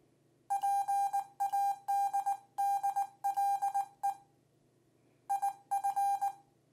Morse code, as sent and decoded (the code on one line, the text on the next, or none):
.--. .- -.. -.. .-.. . / .. ..-.
PADDLE IF